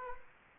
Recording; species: mosquito wingbeat signal from an infrared sensor; Culex quinquefasciatus